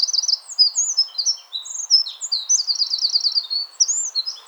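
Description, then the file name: Eurasian wren song filling the whole stretch: high, rapid twitters and a rattling trill in the middle. "Troglodytes troglodytes"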